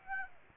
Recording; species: mosquito wingbeat signal from an infrared sensor; Aedes aegypti